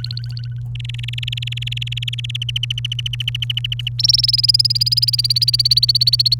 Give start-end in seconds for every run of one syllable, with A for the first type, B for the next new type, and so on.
0.00-0.60 A, 0.75-2.37 B, 2.42-3.89 C, 3.98-6.34 D